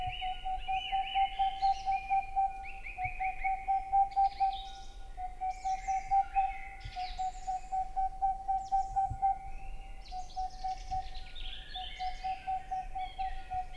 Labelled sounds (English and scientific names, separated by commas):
Boreal Owl (Aegolius funereus)